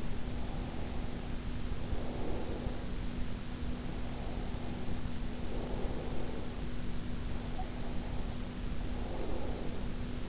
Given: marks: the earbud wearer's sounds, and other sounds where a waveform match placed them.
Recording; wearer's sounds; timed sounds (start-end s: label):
sounds in sleep by an in-ear microphone; breath
0.00-3.04 s: breath
3.57-6.72 s: breath
7.28-10.29 s: breath